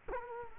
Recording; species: mosquito wingbeat signal from an infrared sensor; Culex quinquefasciatus